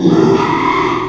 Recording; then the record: squeal of a Yucatan mini pig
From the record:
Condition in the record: after surgery on the right vocal fold (resection and tissue-engineered implant); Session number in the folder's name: 1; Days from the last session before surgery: 6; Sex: male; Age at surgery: 12 weeks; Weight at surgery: 13 kg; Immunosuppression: cyclosporine, prednisolone